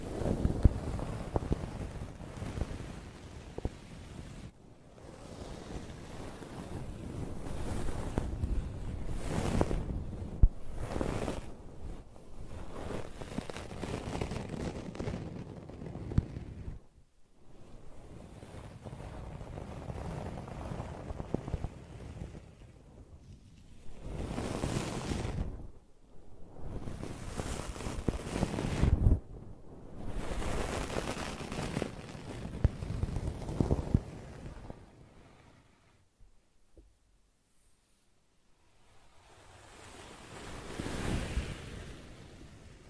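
Brushing and scratching in rough, rushing strokes that swell and fade irregularly, heavy in the low end with a hissy top. Sharp bright scrapes stand out near 10, 25 and 30 seconds, with short breaks between, and a near-silent stretch from about 35 to 40 seconds.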